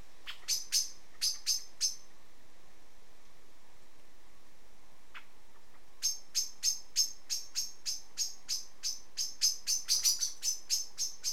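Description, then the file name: Common blackbird calls: a short burst of sharp chinks, a long pause, then an extended series of metallic clicking notes. "Turdus merula"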